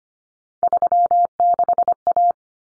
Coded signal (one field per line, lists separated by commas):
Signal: Morse code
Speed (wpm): 25 wpm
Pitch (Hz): 700 Hz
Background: none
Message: 36A